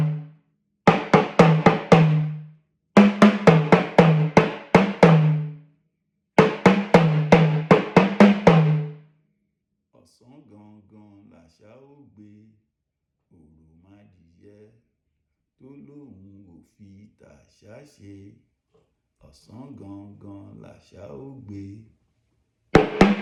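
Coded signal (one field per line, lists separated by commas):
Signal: talking drum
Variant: Yoruba sakara drum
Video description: Playing "Ọsan gangan ni aṣa o gbe" with the Yoruba Orunsha Sakara talking drum by Jammal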